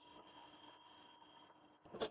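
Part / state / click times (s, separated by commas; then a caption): plastic hinge cover on laptop display base / not seated / none. A plastic hinge cover is handled and placed on top of a Lenovo laptop's display base, with quiet rubbing and steady background hum, then a brief louder scrape near 2.0 s. Nothing has seated or clicked yet.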